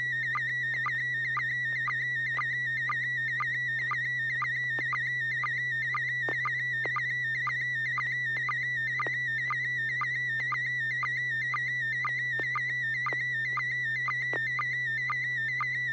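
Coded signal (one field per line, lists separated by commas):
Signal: SSTV (slow-scan television)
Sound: continuous warbling tone around 2 kHz with regular short lower chirps every quarter second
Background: low hum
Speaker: TV net this net serves for training and practice in image transmission modes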